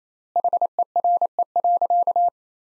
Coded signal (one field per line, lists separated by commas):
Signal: Morse code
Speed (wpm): 28 wpm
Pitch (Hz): 700 Hz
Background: none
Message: HERE.